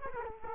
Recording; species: mosquito wingbeat signal from an infrared sensor; Culex quinquefasciatus